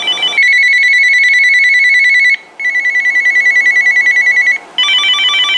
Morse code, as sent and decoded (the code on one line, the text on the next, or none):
none